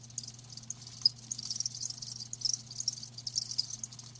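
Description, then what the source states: Crickets chirping softly in a high, thin chorus of scattered pulses, fairly faint against a steady low hum. Live crickets chirping, a lulling song.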